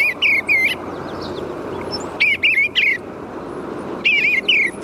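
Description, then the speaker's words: Eastern bluebird song: three short warbled phrases of wavering whistled notes, each under a second, with quiet gaps between. Sweet chortling song of the male, sung to his mate from a perch near the nest. "One of the most beautiful songs in the bird world is the sweet chortling song of the male eastern bluebird."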